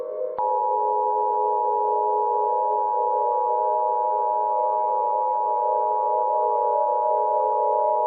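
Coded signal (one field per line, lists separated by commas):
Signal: Emergency Alert System (SAME) tones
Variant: 853 and 960 Hz attention tone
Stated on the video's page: Fictional EAS scenario about the USA's self-demise, inspired by another scenario.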